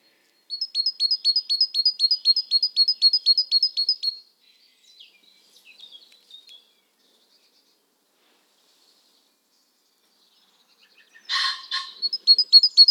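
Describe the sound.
Great tit calls: a rapid run of high, sharp two-part notes about four per second, a pause with faint notes, a brief harsh burst, then the series resumes.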